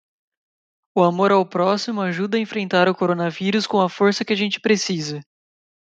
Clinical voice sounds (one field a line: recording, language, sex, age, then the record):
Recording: spoken sentence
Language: Brazilian Portuguese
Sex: male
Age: 20 to 29 years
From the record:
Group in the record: control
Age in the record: 25 years